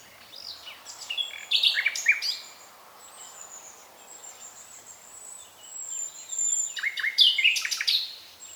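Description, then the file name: Common nightingale singing varied phrases: rough scratchy notes, a long thin high whistle drifting through the pause, then another burst of harsh chirps. "Luscinia megarhynchos"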